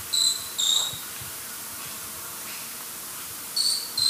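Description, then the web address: Short-tailed pygmy tyrant calls: thin, high, insect-like notes in two pairs, one pair at the start and another near the end, over a steady soft hiss. South America, eastern lowlands. "Natures Songs S America Eastern Lowlands. Myiornis ecaudatus, calls or song"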